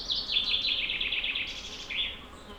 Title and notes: Village Tipi, Route du Revard, Chalets de la Clusaz, Montcel, Chambéry, Savoie, Auvergne-Rhône-Alpes, France métropolitaine, , France - Pinson. Dans la forêt un pinson envoie sa ritournelle on entends aussi des insectes volants passer rapidement . Captation binaurale